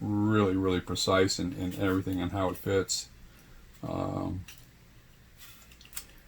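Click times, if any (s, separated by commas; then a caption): 6.0 s. A person talks about how precisely an N scale locomotive's plastic body shell fits. After the DCC decoder has been replaced, the shell is pushed back down onto its chassis. A few faint taps follow, and the body shell snaps into place with a sharp click at 6.0 s.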